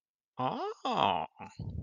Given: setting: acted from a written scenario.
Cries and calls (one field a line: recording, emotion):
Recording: vocal sound without words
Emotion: interest